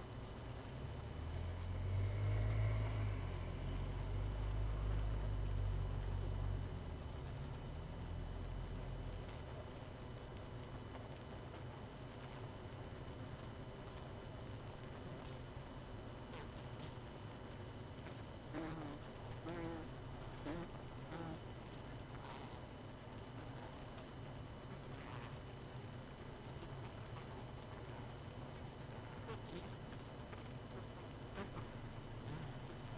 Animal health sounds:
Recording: honeybee colony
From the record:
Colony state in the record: missing queen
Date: 31 May 2018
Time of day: 22:08

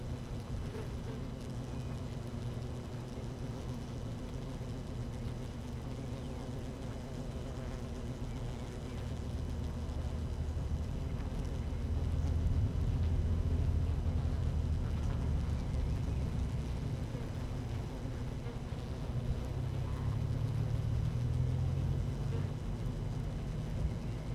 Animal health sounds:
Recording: honeybee colony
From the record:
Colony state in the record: active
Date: 12 June 2018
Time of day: 13:50

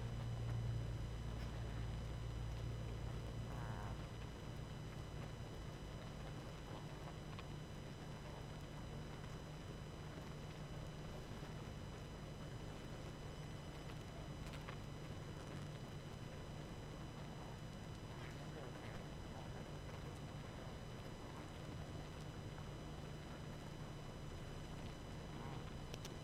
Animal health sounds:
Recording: honeybee colony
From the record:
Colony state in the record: active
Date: 12 June 2018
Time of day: 21:30

